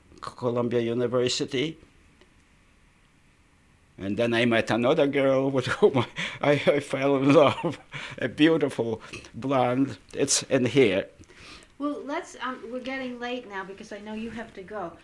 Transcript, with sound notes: Columbia University. And then I met another girl with whom I fell in love. ( he laughs ) A beautiful blonde. It's in here.
Well, let's, we're getting late now, because I know you have to go.